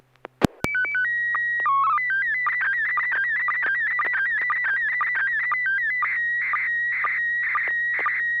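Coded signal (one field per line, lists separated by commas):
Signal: SSTV (slow-scan television)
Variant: PD 120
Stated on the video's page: SSTV net on a 441.300 MHz FM repeater, sent with MMSSTV software.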